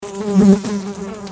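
Fly buzzing, a steady low drone that swells slightly midway and then holds on evenly to the end.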